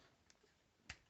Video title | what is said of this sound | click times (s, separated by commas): Maxwell's Reviews: Transformers War for Cybertron Kingdom Voyager Class Optimus Primal | uh take what the shoulder pad sections here bring them up and they'll click into place | 0.3 s, 0.9 s